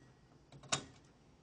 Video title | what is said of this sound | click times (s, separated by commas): Cara Memasang Motherboard Laptop Step by Step Belajar Merakit Komputer | Push down two of the fasteners at opposite corners and you'll hear them snap in. | 0.7 s